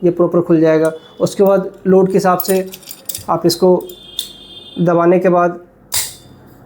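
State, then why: Seated. A steel locking grip plier is squeezed closed to suit the load, and its handle snaps into the locked position with a short, sharp hit at 5.9 seconds. Someone talks through most of the clip before the snap.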